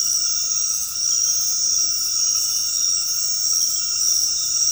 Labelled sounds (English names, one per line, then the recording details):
none
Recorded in secondary vegetation near Puerto Asís, Putumayo, Colombia, on 20 February 2024 at 21:00
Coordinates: 0.468, -76.324
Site G6381